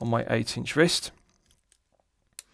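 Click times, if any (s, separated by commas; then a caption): 1.7 s, 2.4 s. Someone talks for about the first second, then a stainless steel flip-lock clasp on a rubber watch strap is closed on an eight-inch wrist. A faint click at 1.7 s marks the clasp closing, and a sharper, louder click at 2.4 s marks the flip lock seating over it. Both clicks land positively and the clasp is fully closed.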